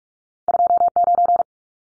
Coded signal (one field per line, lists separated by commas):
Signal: Morse code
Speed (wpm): 44 wpm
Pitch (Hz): 700 Hz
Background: none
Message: 29